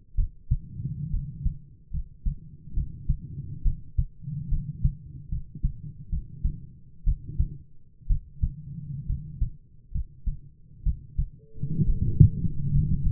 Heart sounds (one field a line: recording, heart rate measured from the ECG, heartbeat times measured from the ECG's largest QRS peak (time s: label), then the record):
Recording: heart sounds by stethoscope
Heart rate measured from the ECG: 67 bpm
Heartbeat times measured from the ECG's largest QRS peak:
0.14 s: heartbeat
1.10 s: heartbeat
1.90 s: heartbeat
2.73 s: heartbeat
3.62 s: heartbeat
4.48 s: heartbeat
5.28 s: heartbeat
6.09 s: heartbeat
7.03 s: heartbeat
8.07 s: heartbeat
9.06 s: heartbeat
9.91 s: heartbeat
10.83 s: heartbeat
11.84 s: heartbeat
12.70 s: heartbeat
From the record:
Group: healthy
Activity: rest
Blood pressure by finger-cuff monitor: 100/66 mmHg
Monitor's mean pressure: 76 mmHg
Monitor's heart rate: 68 bpm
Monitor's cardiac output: 7.2 L/min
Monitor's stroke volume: 108 mL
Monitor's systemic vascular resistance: 750 dyn s/cm5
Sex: male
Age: 22 years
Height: 185 cm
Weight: 112.4 kg